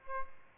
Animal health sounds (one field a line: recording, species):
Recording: mosquito wingbeat signal from an infrared sensor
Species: Aedes albopictus